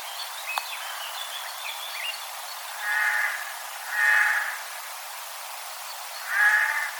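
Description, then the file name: Eurasian jay uttering three hoarse, grating screeches spaced a second or two apart, with soft chirps of small birds in the background before them. "Garrulus glandarius"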